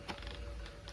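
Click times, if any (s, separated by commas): none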